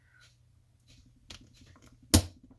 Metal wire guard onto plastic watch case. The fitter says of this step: to click it the rest of the way and you're all set with your bull bars okay ready to go okay